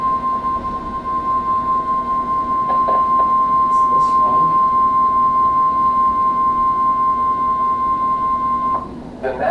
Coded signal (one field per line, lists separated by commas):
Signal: Emergency Alert System (SAME) tones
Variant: 1050 Hz attention tone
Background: speech